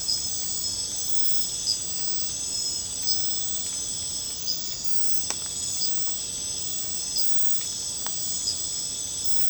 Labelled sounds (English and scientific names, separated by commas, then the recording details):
none
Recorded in secondary vegetation near Puerto Asís, Putumayo, Colombia, on 22 December 2024 at 22:00
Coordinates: 0.499, -76.323
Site G010